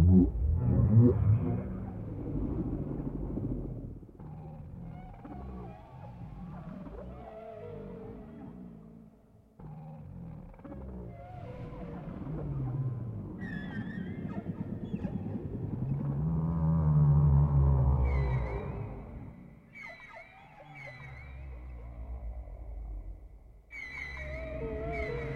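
Whale sounds: low, rumbling moans fill most of the recording, with long gliding calls that rise and fall between about 13 and 19 seconds. Higher, thin whistles and chirps break in more often after 18 seconds, over a steady low drone with brief dips near 10 and 20 seconds.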